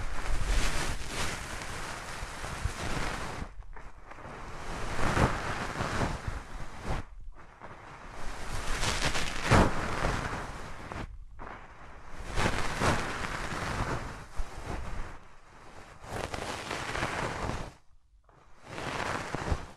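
Hands rub over the ears in long, dense swishing strokes that roar like wind or surf, swelling and easing as they go. The rubbing stops briefly around four, seven, eleven and eighteen seconds before starting again. No voice is heard.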